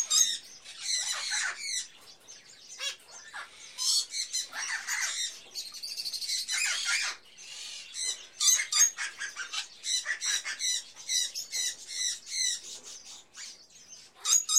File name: Sound Ideas 2000 Series - Birds, Various Birds In A Pet Shop, Ambience